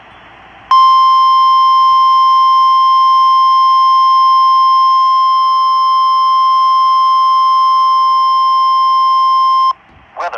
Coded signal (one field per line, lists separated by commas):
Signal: Emergency Alert System (SAME) tones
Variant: 1050 Hz attention tone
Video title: PBZ SVR EAS 4